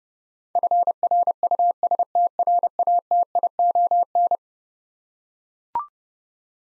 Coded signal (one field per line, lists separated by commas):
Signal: Morse code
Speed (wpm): 30 wpm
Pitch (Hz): 700 Hz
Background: none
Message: FRUSTRATION